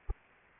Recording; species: mosquito wingbeat signal from an infrared sensor; Anopheles arabiensis